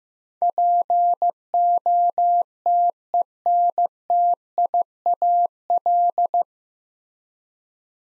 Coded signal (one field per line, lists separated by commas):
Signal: Morse code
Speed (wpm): 15 wpm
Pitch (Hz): 700 Hz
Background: none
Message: POTENTIAL